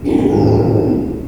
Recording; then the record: squeal of a Yucatan mini pig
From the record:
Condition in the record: before surgery on the right vocal fold (resection and tissue-engineered implant); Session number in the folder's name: 1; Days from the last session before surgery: -3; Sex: male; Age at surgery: 12 weeks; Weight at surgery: 13 kg